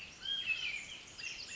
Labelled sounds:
Pacific Wren
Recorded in Sonoma County, California

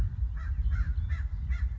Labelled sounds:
American Crow
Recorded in Sonoma County, California

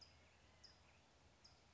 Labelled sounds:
California Towhee
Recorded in Sonoma County, California

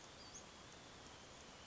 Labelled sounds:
Western Flycatcher
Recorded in Sonoma County, California

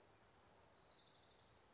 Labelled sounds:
Orange-crowned Warbler
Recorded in Sonoma County, California

